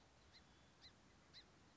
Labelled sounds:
Song Sparrow (Melospiza melodia)
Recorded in Sonoma County, California

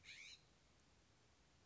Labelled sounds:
California Scrub-Jay (Aphelocoma californica)
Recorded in Sonoma County, California

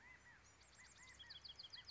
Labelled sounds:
California Quail (Callipepla californica)
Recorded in Sonoma County, California

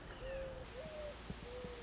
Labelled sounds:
Mourning Dove (Zenaida macroura)
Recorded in Sonoma County, California

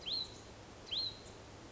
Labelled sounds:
Hutton's Vireo (Vireo huttoni)
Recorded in Sonoma County, California

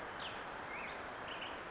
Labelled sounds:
Black-headed Grosbeak (Pheucticus melanocephalus)
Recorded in Sonoma County, California

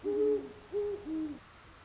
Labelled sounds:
Great Horned Owl (Bubo virginianus)
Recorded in Sonoma County, California

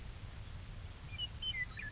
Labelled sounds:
Western Meadowlark (Sturnella neglecta)
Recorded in Sonoma County, California

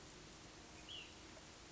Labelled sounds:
Ash-throated Flycatcher (Myiarchus cinerascens)
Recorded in Sonoma County, California

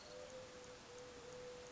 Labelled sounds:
Mourning Dove (Zenaida macroura)
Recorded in Sonoma County, California

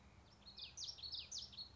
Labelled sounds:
Common Yellowthroat (Geothlypis trichas)
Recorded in Sonoma County, California

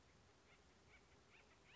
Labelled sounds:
Acorn Woodpecker (Melanerpes formicivorus)
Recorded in Sonoma County, California

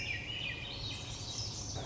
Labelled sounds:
Swainson's Thrush (Catharus ustulatus)
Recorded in Sonoma County, California

